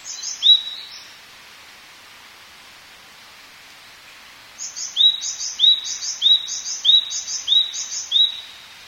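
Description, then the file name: Japanese tit singing one high-low two-note phrase, then a pause of several seconds before six more quick, evenly spaced repetitions of the same buzzy-then-whistled pattern. "shijukara"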